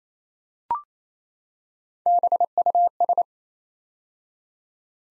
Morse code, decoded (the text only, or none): BUS